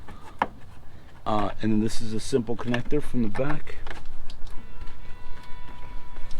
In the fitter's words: so you gotta make sure that the bottom is locked in as you push up and then BAM snaps in place and